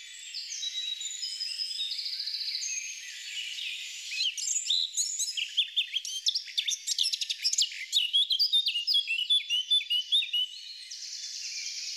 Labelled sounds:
Eurasian Blackcap song

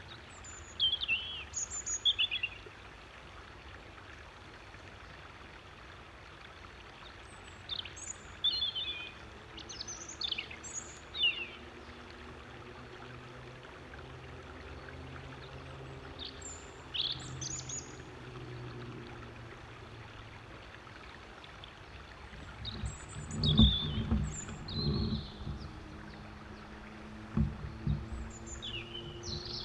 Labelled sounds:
European Robin song

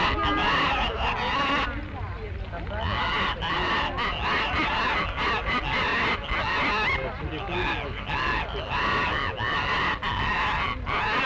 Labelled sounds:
Scarlet Macaw call

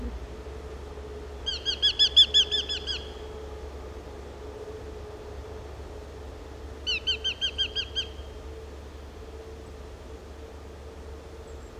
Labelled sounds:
Eurasian Hobby call

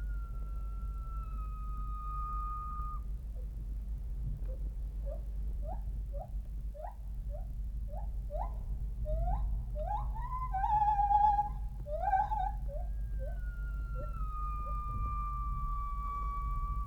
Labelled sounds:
Northern White-cheeked Gibbon

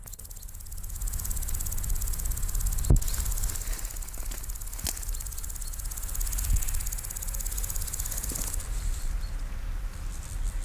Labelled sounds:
Steppe Grasshopper stridulation

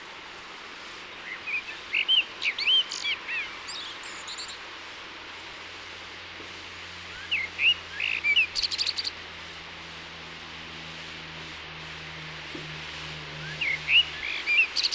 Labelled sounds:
Common Blackbird song

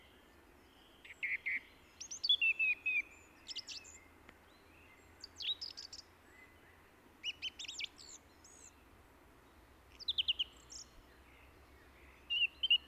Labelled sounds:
Song Thrush song

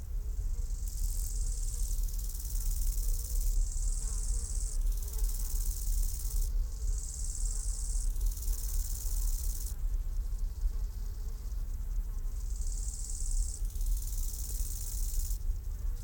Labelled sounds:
Upland Field Grasshopper stridulation

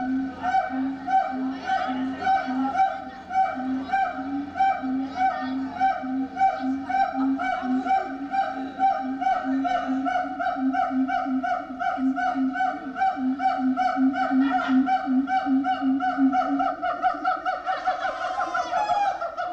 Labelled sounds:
Siamang

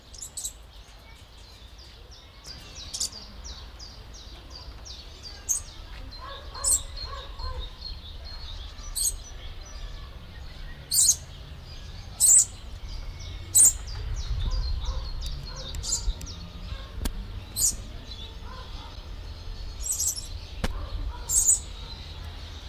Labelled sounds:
Papuan Lorikeet call

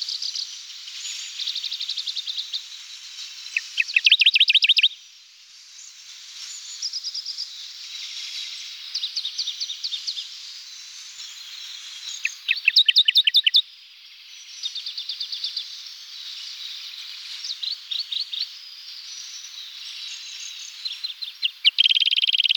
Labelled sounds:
Radde's Warbler song

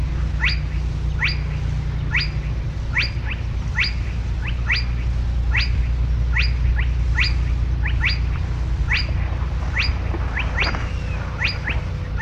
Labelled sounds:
Spotted Crake

